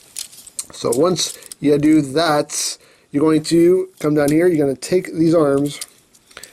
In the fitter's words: these back ones actually will click in the place